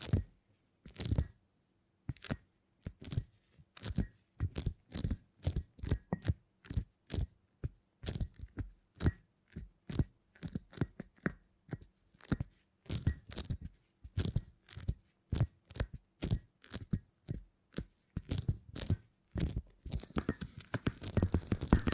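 Beeswax being handled in sharp crackling, crunching snaps, each a brief crisp burst with near silence between. The snaps come steadily, around two per second, some in quick pairs, and grow denser and more continuous toward the end. A faint low hum sits underneath.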